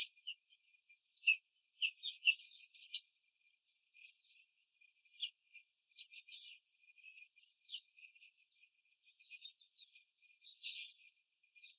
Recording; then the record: young laying hens in a cage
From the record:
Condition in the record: control cage, before the stress test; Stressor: none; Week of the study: 4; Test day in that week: 1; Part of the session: 4